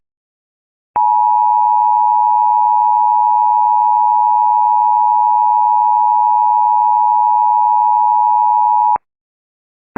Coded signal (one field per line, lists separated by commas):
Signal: Emergency Alert System (SAME) tones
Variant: 853 and 960 Hz attention tone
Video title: EAS Recreation (3/19/25): Chicago SVR Troubles